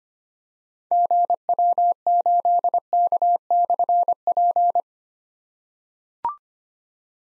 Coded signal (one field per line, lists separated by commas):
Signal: Morse code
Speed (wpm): 25 wpm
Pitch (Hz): 700 Hz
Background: none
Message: GW8K/P